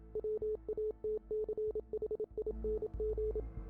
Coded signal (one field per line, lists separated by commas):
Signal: Morse code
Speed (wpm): 27 wpm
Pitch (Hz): 430 Hz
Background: none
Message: WATCHING